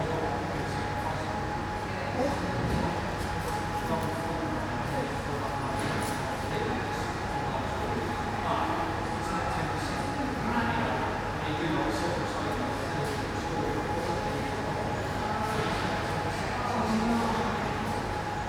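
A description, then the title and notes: A mostly deserted train station ticket office with only a few travellers. A steady low hum and a constant thin tone run throughout, with scattered murmurs of voices and occasional light clicks and knocks, especially around the middle and near the end. A ticket office of a train station, which is mostly deserted, with only a few travellers.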